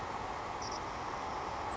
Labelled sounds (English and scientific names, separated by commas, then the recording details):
Savannah Sparrow (Passerculus sandwichensis)
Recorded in Sonoma County, California